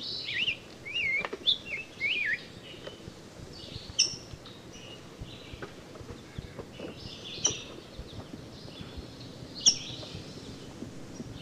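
Rose-breasted grosbeak song: a quick run of sweet warbled notes at the start, followed by a few scattered sharp squeaky calls.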